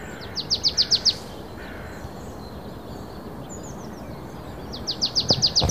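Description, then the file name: Marsh tit calling in rapid bursts of high, clipped descending notes, one run at the start and another near the end, with faint other chirps and hiss. "Poecile palustris"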